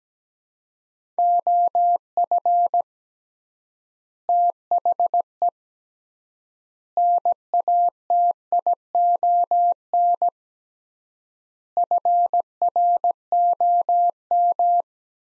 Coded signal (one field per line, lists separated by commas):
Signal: Morse code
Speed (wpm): 17 wpm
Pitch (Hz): 700 Hz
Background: none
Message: OF THE NATION FROM